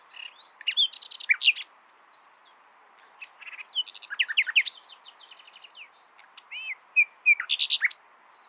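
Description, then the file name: Common nightingale song in three varied phrases of sweeping whistles, clicks and chirps, with short pauses between them. "Luscinia megarhynchos"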